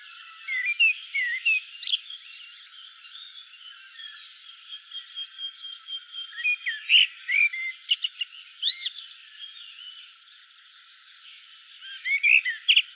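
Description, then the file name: Common blackbird song, bursts of mellow whistled notes with high scratchy twitters, given at irregular intervals. "Turdus merula"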